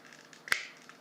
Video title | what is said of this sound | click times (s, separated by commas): Transformers Combiner Wars Constructicon Scrapper - GotBot True Review NUMBER 18 | and you hear that click. | 0.5 s